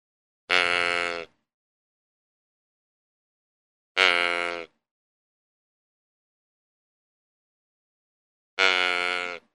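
Deer bleat: three harmonic bleats each lasting under a second, spaced a few seconds apart, with silence between them.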